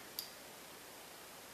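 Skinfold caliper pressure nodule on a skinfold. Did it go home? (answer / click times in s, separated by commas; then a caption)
yes / 0.2 s. On the second measurement in the same spot, a body fat skinfold caliper is squeezed onto a skinfold until its pressure nodule gives one sharp, brief click at 0.2 s, confirming the set pressure is reached. Otherwise only a steady hiss is heard.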